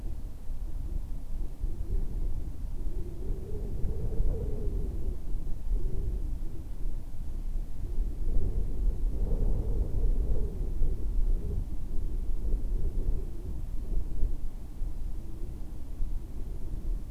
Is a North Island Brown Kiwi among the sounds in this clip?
no